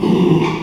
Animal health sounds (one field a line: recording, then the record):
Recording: squeal of a Yucatan mini pig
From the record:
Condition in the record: after surgery on the right vocal fold (resection and tissue-engineered implant)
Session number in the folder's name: 1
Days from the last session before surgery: 6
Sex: male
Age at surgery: 12 weeks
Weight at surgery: 13 kg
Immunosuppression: cyclosporine, prednisolone